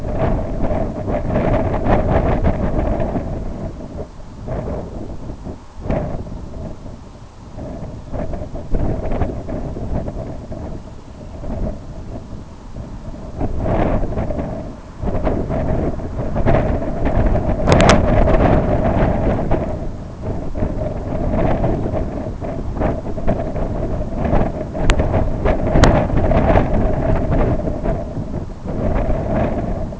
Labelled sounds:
none
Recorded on Arctic tundra, site IGLO-B, on 24 June 2018
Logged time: 01:59

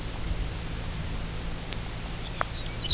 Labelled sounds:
Lapland Longspur
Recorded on Arctic tundra, site UTQI-2, on 16 June 2019
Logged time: 00:00

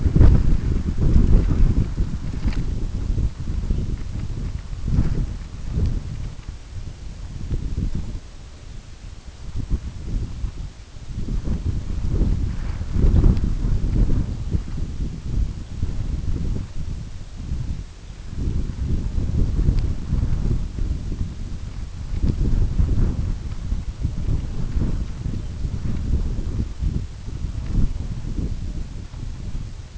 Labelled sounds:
none
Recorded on Arctic tundra, site UTQI-5, on 25 June 2018
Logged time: 18:00

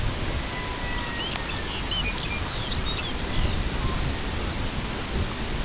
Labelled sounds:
Red-throated Loon
Lapland Longspur
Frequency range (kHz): Red-throated Loon 0.6-2.3 kHz; Lapland Longspur 2.1-6.8 kHz
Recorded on Arctic tundra, site IGLO-B, on 23 June 2018
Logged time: 13:59

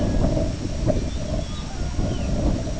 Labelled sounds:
Red-throated Loon
Grey Plover
Lapland Longspur
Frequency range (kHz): Red-throated Loon 0.6-2.0 kHz; Grey Plover 2.9-4.3 kHz; Lapland Longspur 2.4-3.5 kHz
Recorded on Arctic tundra, site IGLO-B, on 21 June 2018
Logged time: 09:59

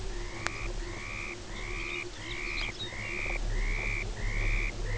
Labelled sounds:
Dunlin
Lapland Longspur
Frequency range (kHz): Dunlin 0.5-4.3 kHz; Lapland Longspur 2.4-6.0 kHz
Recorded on Arctic tundra, site UTQI-5, on 19 June 2018
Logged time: 22:00

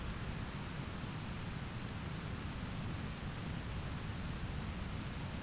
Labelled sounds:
none
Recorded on Arctic tundra, site ZACK-1, on 13 June 2019
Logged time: 09:49

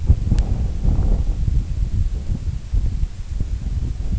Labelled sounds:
none
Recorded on Arctic tundra, site IGLO-D, on 25 June 2018
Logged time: 02:00

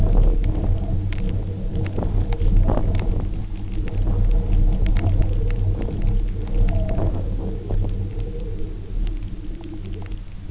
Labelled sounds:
none
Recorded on Arctic tundra, site UTQI-0, on 27 June 2018
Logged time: 04:00

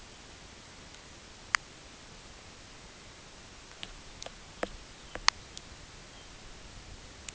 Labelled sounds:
Dunlin
unidentified sound
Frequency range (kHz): Dunlin 1.3-3.4 kHz
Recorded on Arctic tundra, site UTQI-8, on 10 June 2019
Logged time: 14:00

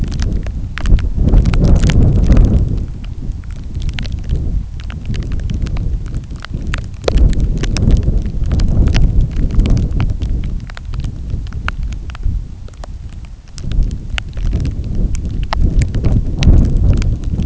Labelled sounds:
none
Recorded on Arctic tundra, site NAIT-1, on 27 June 2019
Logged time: 00:00

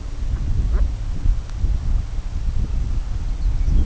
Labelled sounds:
Brent Goose
Lapland Longspur
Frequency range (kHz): Brent Goose 0.1-3.0 kHz; Lapland Longspur 1.4-6.5 kHz
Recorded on Arctic tundra, site CORI-1, on 20 June 2018
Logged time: 20:00

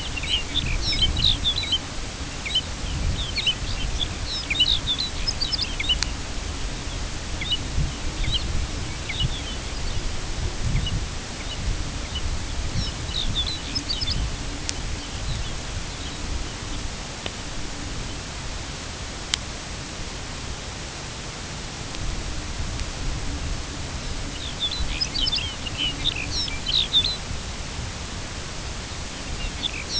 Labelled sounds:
Lapland Longspur
American Golden-plover
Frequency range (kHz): Lapland Longspur 1.8-7.1 kHz; American Golden-plover 1.8-4.6 kHz
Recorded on Arctic tundra, site UTQI-2, on 10 June 2019
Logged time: 16:00

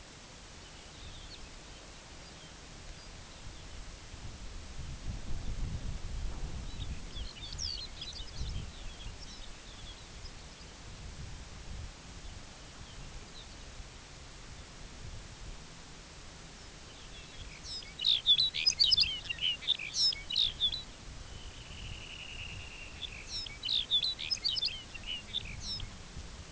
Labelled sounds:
unidentified sound
Lapland Longspur
Dunlin
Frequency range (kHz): Dunlin 1.1-4.5 kHz
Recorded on Arctic tundra, site UTQI-2, on 17 June 2019
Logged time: 14:00

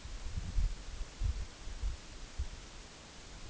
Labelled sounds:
none
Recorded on Arctic tundra, site NAIT-1, on 2 July 2019
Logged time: 18:00

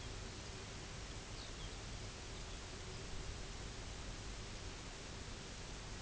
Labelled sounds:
Pectoral Sandpiper
unidentified sound
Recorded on Arctic tundra, site UTQI-0, on 16 June 2019
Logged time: 12:00

